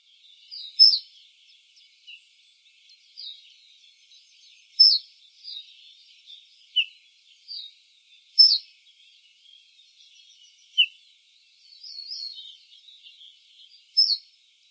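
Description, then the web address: Ortolan bunting calling with short, high, thin chirps and ticks, scattered irregularly every few seconds over a quiet background. "ortolan bunting bird call collection"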